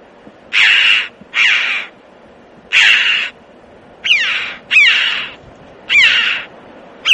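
Red-billed chough calling with harsh, ringing 'chee-ow' notes, about seven calls given in pairs and singles over seven seconds, each call with a downward-sweeping start.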